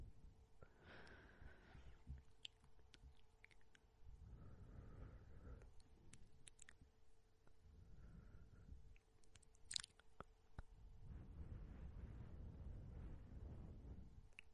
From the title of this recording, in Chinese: 吹气声口水音